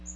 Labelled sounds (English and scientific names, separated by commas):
Magnolia Warbler (Setophaga magnolia) flight call